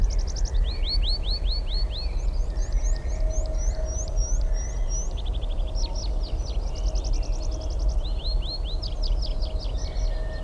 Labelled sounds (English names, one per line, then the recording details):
Tree Pipit
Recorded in the wild
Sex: male
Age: adult
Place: Blankenfelde, Tegeler Fließ, Berlin, DE
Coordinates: 52.64, 13.39
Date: 1994-04-23 12:27
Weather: heiter 16-19°C
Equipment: Marantz CP 430, Sennheiser ME 80, Kopie Uher Variocord 263
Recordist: Tembrock, Günter